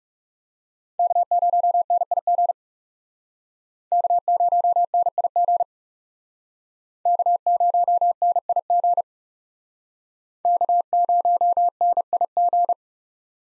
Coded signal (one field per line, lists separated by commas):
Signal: Morse code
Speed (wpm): 38 wpm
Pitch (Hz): 700 Hz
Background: none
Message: K0NIG K0NIG K0NIG K0NIG